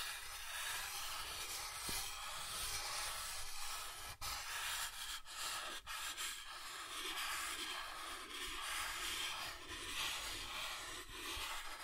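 Soft tracing over smooth and rough surfaces makes a steady, airy rubbing hiss that fills the treble, with a low rumble underneath. Gentle strokes pulse roughly once a second, and brief dips of near-silence break the sound around four and six seconds.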